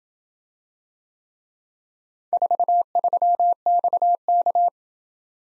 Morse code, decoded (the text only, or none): 43XK